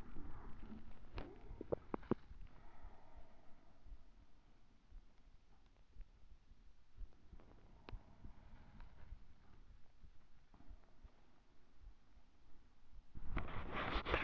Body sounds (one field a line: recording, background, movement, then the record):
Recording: deep breathing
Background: quiet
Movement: sitting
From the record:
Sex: female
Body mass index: 21.8 kg/m2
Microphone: on the chest, facing the body